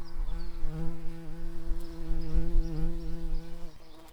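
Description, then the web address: Garden bumblebee buzz, a continuous low droning hum holding a steady pitch with small dips, stopping abruptly near the end. Workers. "bumblebees Hortorum-workers"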